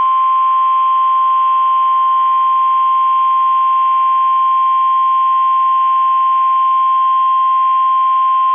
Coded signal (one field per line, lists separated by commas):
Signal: Emergency Alert System (SAME) tones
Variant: 1050 Hz attention tone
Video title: 12/8/21 - KEC65 & WNG676 Required Weekly Tests (EAS #301 & EAS #302)